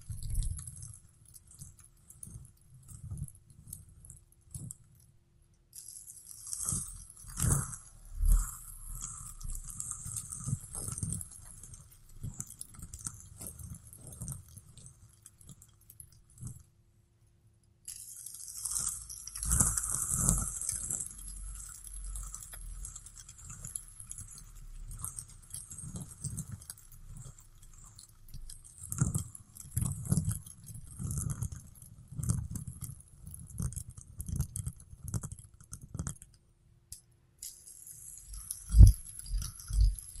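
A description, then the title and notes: Tapping and spinning of a fidget spinner, with soft knocks and clicks scattered irregularly throughout. A thin high whir rises during spins around 6–17 and 18–40 seconds, with a brief silence near 17 seconds and a sharper knock near the end. ASMR Fidget Spinner Sounds Tapping and Spinning.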